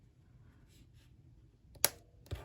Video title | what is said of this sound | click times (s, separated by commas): NEW MINI ALBUM DESIGN TUTORIAL You have Stolen my Heart Mini Album Tutorial, Valentine Album Ideas | kind of snap back into place | 1.9 s